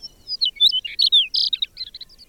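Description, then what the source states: Chestnut-collared Longspur song: a short, sweet, jumbled warble of varied tumbling notes that trails off softly. Breeds on the prairies of the northern Great Plains; winters in central Mexico.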